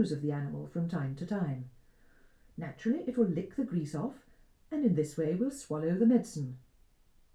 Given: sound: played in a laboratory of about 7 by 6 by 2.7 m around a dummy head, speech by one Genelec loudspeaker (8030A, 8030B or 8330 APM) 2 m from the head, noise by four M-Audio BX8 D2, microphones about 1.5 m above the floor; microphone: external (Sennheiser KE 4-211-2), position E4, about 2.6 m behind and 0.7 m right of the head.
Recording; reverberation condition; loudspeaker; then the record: female speech in English; low; behind (180 degrees)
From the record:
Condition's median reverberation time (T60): about 310 ms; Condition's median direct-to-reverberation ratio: about 3.5 dB